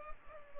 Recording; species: mosquito wingbeat signal from an infrared sensor; Culex pipiens